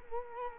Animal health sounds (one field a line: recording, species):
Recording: mosquito wingbeat signal from an infrared sensor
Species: Culex quinquefasciatus